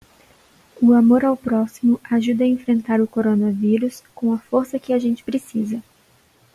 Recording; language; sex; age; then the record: spoken sentence; Brazilian Portuguese; female; 20 to 29 years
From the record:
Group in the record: control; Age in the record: 22 years